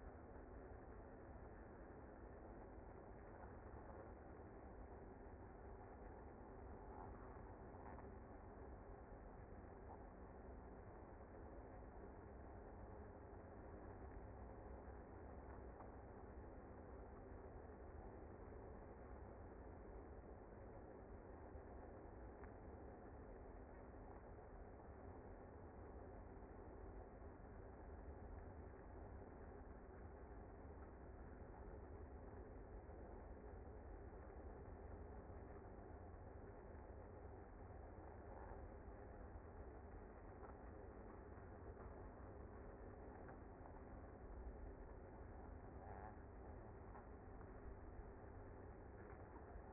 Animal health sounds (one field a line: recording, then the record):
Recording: honeybee colony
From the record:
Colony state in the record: active